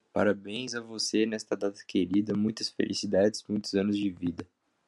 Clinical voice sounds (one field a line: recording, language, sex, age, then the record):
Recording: short text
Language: Brazilian Portuguese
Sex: male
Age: 18 to 19 years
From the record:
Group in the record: control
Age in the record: 18 years